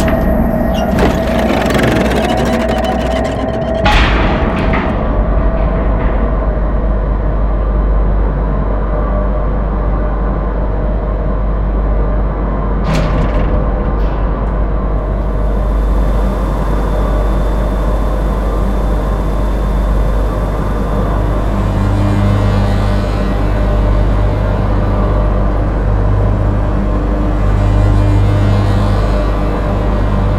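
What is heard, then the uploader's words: A dense, steady industrial drone with a heavy low rumble and constant hum, sharp metallic impacts ringing out near the start, around four seconds, and again near thirteen seconds. Brighter crackling hiss rises in the second half while the low throb continues. Dark Mesa - Industrial Ambiences and SFX.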